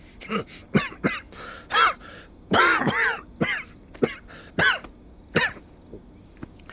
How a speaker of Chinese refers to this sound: 被子盖好，不然一会儿又要咳了。 嗨，冬天到了，咳嗽很正常。